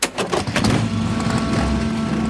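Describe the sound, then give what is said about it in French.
At 18:30, 80 resistance fighters arrive in sidecars, motorcycles, cars and trucks at Neuvic-sur-l'Isle, France, with a steady, droning engine rumble, a low hum running throughout after a few brief clattering bursts at the start. No one speaks. “À 18h30, 80 résistants débarquent à bord de sidecar, motos, voitures et camions à Neuvic-sur-l'Isle.”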